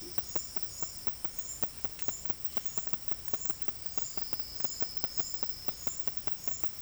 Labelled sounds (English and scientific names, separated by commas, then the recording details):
none
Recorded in dense forest near Puerto Asís, Putumayo, Colombia, on 21 February 2024 at 09:30
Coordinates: 0.487, -76.319
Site G6403